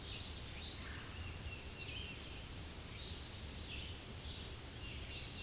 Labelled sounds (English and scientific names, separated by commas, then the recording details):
Hooded Warbler (Setophaga citrina) song
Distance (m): 85 m
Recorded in a Pennsylvania forest on 18 May 2023 at 07:33
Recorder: AudioMoth, point grid1_16_low
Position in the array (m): 154 m, 113 m